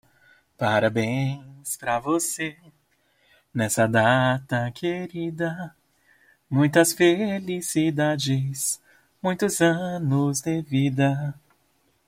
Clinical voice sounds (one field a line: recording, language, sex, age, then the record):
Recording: short text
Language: Brazilian Portuguese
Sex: male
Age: 20 to 29 years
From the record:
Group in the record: control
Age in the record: 26 years